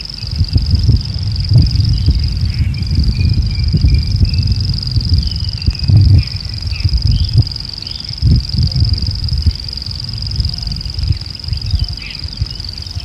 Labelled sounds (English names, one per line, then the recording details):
Common Grasshopper Warbler
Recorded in the wild
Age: adult
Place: Ossiach, AT
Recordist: Brunner, Thomas